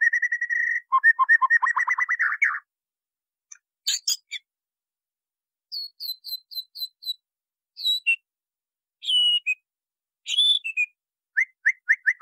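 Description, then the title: White-rumped Shama song opening with a steady whistle and quick repeated notes, then broken into short high bursts and trills separated by silent gaps. "MASTERAN MURAI BATU LABAIK"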